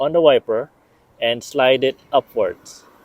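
A PIAA silicone wiper blade with a J-type adapter is being fitted to the metal J-hook wiper arm of a 2006 Toyota Sienna, with the arm inserted into the blade adapter and the blade slid upward. Someone talks throughout in short bursts over a quiet background. Nothing has seated or clicked yet.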